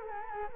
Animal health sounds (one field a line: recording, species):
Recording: mosquito wingbeat signal from an infrared sensor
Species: Culex quinquefasciatus